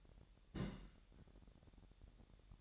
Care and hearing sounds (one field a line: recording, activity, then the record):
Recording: daily activity, microphone in the room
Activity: place on stove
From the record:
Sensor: 3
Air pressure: 1012.0 hPa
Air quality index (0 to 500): 208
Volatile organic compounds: 4 ppm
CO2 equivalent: 1556 ppm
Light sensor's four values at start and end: 113/267/111/101 and 113/267/111/101